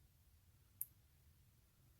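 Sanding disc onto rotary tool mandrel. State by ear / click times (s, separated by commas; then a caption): seated / 0.8 s. A sanding disc's eyelet is pressed onto the quick-change mandrel of a Marathon micro motor (K35) rotary tool until it snaps into place. A single sharp, bright click sounds at 0.8 s against a quiet low hum. The disc is seated on the mandrel, ready to fit to the handpiece.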